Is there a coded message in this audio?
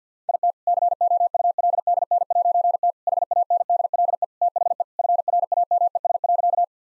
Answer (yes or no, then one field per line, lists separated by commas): yes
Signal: Morse code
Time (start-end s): 0.3-6.6 s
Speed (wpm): 50 wpm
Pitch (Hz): 700 Hz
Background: none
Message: IT COULDN'T HANDLE THE FRAMES.